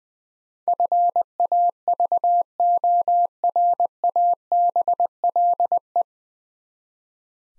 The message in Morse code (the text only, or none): FAVORABLE